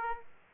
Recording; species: mosquito wingbeat signal from an infrared sensor; Aedes aegypti